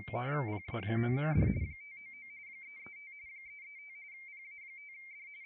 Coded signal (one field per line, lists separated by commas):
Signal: RTTY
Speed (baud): 45.45 baud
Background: speech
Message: PA5D 599 335 335 PA5D